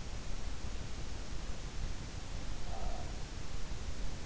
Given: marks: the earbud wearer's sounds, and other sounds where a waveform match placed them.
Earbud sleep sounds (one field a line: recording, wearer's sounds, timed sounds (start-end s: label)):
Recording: sounds in sleep by an in-ear microphone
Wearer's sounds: breath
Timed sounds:
2.17-3.68 s: breath